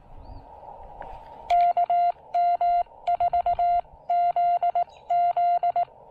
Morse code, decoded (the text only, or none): KM4ZZ